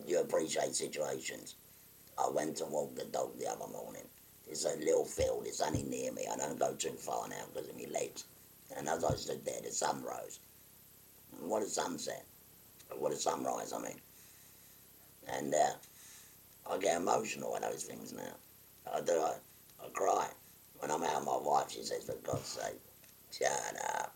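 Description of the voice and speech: Low, rough, creaky adult male voice in short phrases separated by pauses: tracheoesophageal valve speech after total laryngectomy for stage 4 laryngeal cancer in a 57-year-old man, who speaks by diverting air through a valve and out of the mouth, pressing a button over the stoma.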